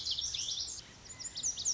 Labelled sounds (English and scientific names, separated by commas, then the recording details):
Lazuli Bunting (Passerina amoena)
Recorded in Sonoma County, California